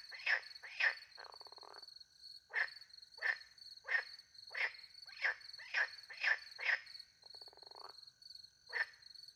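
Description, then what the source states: Frogs croak in short, harsh bursts, repeated about every half second with pauses, over a steady high chirping of crickets; brief buzzy trills are heard twice. Night, countryside in France, beside a little pond, with crickets; microphones hidden in a tree, two Usi pro microphones into a Mixpre 10 II recorder.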